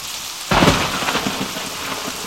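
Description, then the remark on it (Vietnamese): Steady, dense rain hisses throughout, then a sudden loud crack of thunder bursts in about halfway through the first second and rumbles on beneath the downpour. “Giữa tiếng sấm sét, có tiếng ầm ầm, không rõ là tiếng gì, đường xô về chúng tôi nghe như tiếng gió ngựa của cả một trung đoàn kỵ binh chạy tránh cơn giông.”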